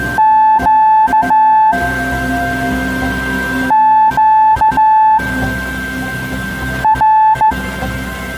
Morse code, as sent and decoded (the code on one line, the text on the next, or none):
--.- / --.- / .-.
Q Q R